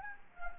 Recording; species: mosquito wingbeat signal from an infrared sensor; Anopheles gambiae